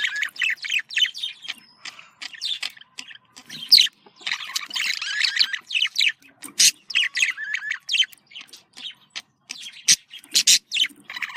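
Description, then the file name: Budgerigars chattering steadily, a scratchy mix of clicks, chirps and squeaky warbled notes delivered in dense runs with occasional louder sharp calls. A pair of budgerigars. "paired sound budgie"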